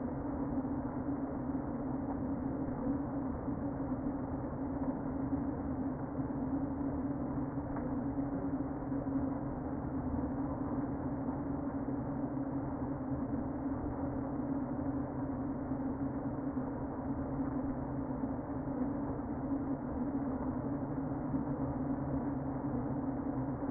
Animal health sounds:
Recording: honeybee colony, microphone inside the hive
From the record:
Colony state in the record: queen present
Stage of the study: before two queens were removed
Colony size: about 60,000 bees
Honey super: yes

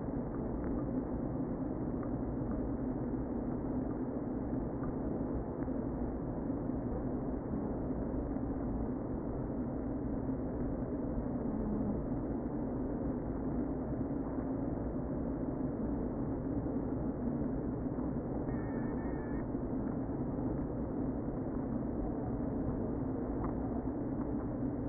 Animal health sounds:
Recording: honeybee colony, microphone inside the hive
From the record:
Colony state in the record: queen present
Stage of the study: before two queens were removed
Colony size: about 60,000 bees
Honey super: yes

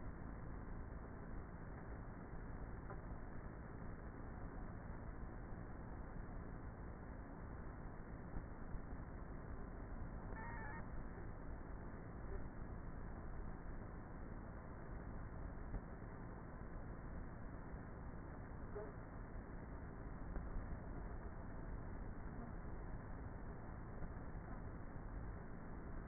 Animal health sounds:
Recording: honeybee colony, microphone inside the hive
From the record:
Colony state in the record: queenless with a low population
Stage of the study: before two queens were removed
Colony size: about 30,000 bees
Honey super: no

